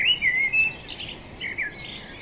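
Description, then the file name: Common blackbird gives a clear fluty whistle that dips and levels off, followed by softer warbled notes over background noise. "Turdus merula"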